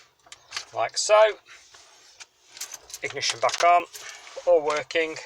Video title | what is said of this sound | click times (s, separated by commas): BMW Mini how to remove / upgrade radio 2000 - 2008 simple step by step guide. | your radio in until it clicks like so | 0.3 s, 0.6 s